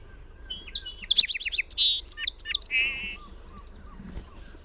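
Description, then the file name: Song sparrow singing a phrase of sharp notes, a fast trill, buzzy notes and a lower buzzy trill, followed by a faint trill, light background noise. Recorded 22 June 2001. "2001-06-22 Song Sparrow PWSlough"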